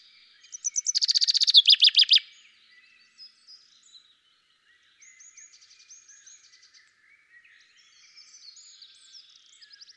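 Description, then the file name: Common chaffinch song: a loud, rapid trill of repeated notes lasting over a second, followed by faint, scattered chirps. "Fringilla coelebs"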